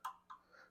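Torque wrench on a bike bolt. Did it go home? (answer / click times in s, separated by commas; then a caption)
yes / 0.0 s. A torque wrench tightens the last bolt on an Intense Tazer MX Pro Carbon e-MTB and gives a sharp click at 0.1 s, signalling that 5 newton meters has been reached. A second, softer tick follows around 0.3 s, then a faint tonal ring fades out.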